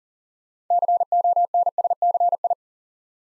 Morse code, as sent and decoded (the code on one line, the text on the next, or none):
-.-. --- -. ... -.-. ..
CONSCI